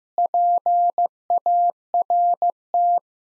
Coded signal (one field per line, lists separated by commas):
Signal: Morse code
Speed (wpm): 16 wpm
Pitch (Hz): 700 Hz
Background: none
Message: PART